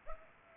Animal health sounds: mosquito wingbeat signal from an infrared sensor; Culex pipiens

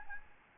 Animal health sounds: mosquito wingbeat signal from an infrared sensor; Aedes albopictus

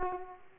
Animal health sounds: mosquito wingbeat signal from an infrared sensor; Aedes aegypti

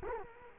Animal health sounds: mosquito wingbeat signal from an infrared sensor; Culex quinquefasciatus

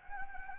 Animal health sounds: mosquito wingbeat signal from an infrared sensor; Anopheles gambiae

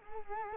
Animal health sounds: mosquito wingbeat signal from an infrared sensor; Culex quinquefasciatus

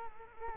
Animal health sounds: mosquito wingbeat signal from an infrared sensor; Culex quinquefasciatus

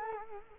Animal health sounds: mosquito wingbeat signal from an infrared sensor; Culex quinquefasciatus

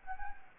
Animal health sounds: mosquito wingbeat signal from an infrared sensor; Anopheles gambiae

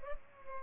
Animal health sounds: mosquito wingbeat signal from an infrared sensor; Culex pipiens

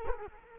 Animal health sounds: mosquito wingbeat signal from an infrared sensor; Culex quinquefasciatus

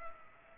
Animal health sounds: mosquito wingbeat signal from an infrared sensor; Culex pipiens

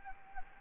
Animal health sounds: mosquito wingbeat signal from an infrared sensor; Anopheles gambiae

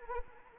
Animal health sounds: mosquito wingbeat signal from an infrared sensor; Anopheles arabiensis

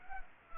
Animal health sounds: mosquito wingbeat signal from an infrared sensor; Culex pipiens

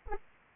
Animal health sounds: mosquito wingbeat signal from an infrared sensor; Anopheles arabiensis

